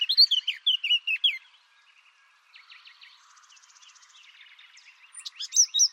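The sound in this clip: Bird singing a quick run of high slurred whistled notes, then a quieter scratchy stretch, ending with another loud burst of sharp chirps.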